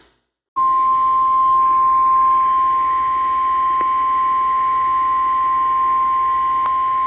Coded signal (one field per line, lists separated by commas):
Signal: Emergency Alert System (SAME) tones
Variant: 1050 Hz attention tone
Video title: EAS alerts from August 1-3, 2022, EAS 1,024-1,057